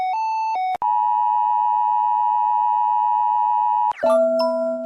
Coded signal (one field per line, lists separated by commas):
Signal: Emergency Alert System (SAME) tones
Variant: 853 and 960 Hz attention tone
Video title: Eas alarms animated 6